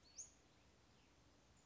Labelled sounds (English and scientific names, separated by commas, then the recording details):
Western Flycatcher (Empidonax difficilis)
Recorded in Sonoma County, California